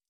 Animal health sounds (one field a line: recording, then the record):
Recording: hydrophone in a shrimp aquaculture tank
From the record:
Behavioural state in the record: stressed